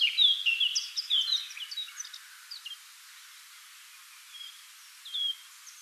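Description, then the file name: Eurasian Blackcap song: a rich, fluty warbled phrase of quick varied notes in the first two seconds, then quieter scattered notes and a short whistled note near the end. "Sylvia atricapilla"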